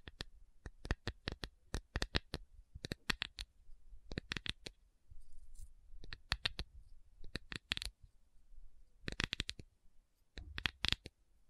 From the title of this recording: Tapping Session (No Talking)